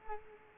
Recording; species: mosquito wingbeat signal from an infrared sensor; Culex quinquefasciatus